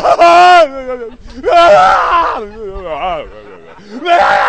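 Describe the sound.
People playing victims and tormentors in a group exercise put on loud, exaggerated crying and wailing: long drawn-out howls that slide up and down in pitch, coming in several bursts with overlapping sobbing cries in between.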